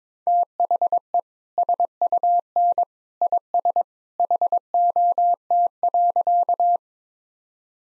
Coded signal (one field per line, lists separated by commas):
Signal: Morse code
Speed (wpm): 22 wpm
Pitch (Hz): 700 Hz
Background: none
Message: THE SUN IS HOT.